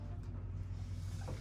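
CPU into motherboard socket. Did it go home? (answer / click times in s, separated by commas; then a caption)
no / none. A first-time builder lowers a Ryzen 5900X desktop CPU into its motherboard socket, lining up the triangle marker. Only a steady low hum and faint handling sounds are heard, with a soft brief rustle near 1.3 s. Nothing has seated or clicked yet.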